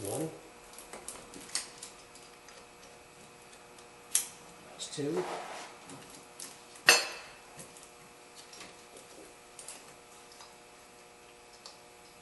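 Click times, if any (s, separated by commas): 4.2 s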